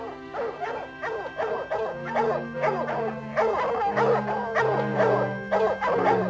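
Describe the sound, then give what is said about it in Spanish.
Several hunting dogs bark and bay in a rapid, overlapping chorus during a raccoon hunt, loud and continuous, with sustained howling tones running underneath the sharp repeated barks. “Hay que enseñar bien a los perros y para eso necesitan matar un mapache.”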